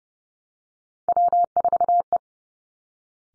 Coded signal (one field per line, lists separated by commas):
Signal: Morse code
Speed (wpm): 30 wpm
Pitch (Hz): 700 Hz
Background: none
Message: W4E